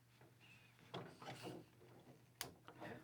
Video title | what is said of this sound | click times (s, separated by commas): Unique Toys UTR08 Dumb Transformers ROTF Skids | lock into place | 2.4 s